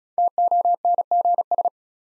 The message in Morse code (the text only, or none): TONGS